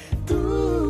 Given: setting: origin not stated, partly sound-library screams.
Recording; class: one-second piece from a danger detection set; normal situation